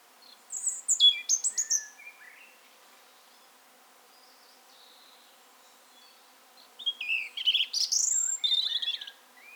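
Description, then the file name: European robin song: two rich phrases of high, liquid, warbling notes with sliding whistles and rapid twitters, a quiet pause of several seconds between them. "Erithacus rubecula"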